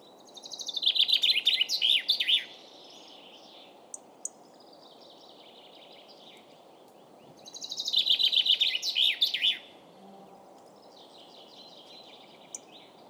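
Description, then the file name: Common chaffinch singing a loud trill ending in a flourish, twice about seven seconds apart, each song followed by fainter phrases. "Fringilla coelebs"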